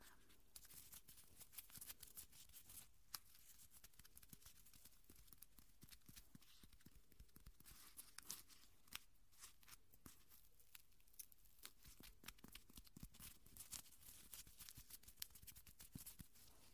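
Bright crackling and scratching from ear cleaning continues steadily for the whole clip, with dense quick clicks and occasional sharper pops.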